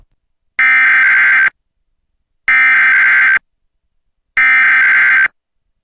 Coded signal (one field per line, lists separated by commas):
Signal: Emergency Alert System (SAME) tones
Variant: header bursts